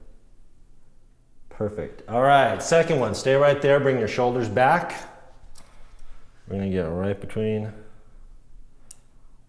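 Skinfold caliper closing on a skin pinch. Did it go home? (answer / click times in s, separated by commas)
yes / 8.9 s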